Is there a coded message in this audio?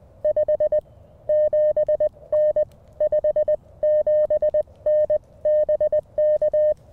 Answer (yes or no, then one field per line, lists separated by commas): yes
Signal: Morse code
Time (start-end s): 0.2-6.7 s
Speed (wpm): 21 wpm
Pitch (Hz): 590 Hz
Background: none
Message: 57N 57N BK